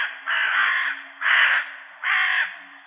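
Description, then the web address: Hooded crow giving three harsh, raspy caws with short gaps, the first the longest; no other sounds stand out. "Corvus corone cornix"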